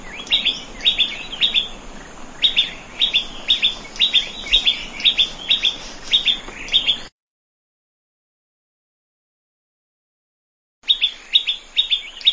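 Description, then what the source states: Plain Prinia song: clipped chirps repeated about twice a second for seven seconds, a silent gap, then the chirps resume. Recorded in a rice field.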